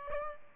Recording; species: mosquito wingbeat signal from an infrared sensor; Aedes albopictus